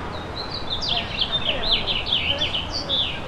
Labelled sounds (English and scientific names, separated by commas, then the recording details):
House Finch (Haemorhous mexicanus) song
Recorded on Long Island, New York, on 25 May 2011
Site KG
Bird A